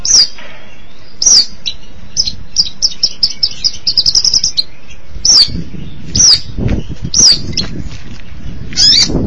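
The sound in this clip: Long-tailed Shrike calls of thin downslurred whistles about a second apart, with a quick run of short chipping notes in the middle and low background rumble.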